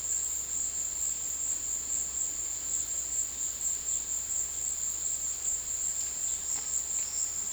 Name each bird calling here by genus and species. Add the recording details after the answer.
none. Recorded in secondary vegetation near Puerto Asís, Putumayo, Colombia, on 20 February 2024 at 16:30. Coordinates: 0.481, -76.323. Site G6376